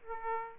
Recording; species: mosquito wingbeat signal from an infrared sensor; Aedes aegypti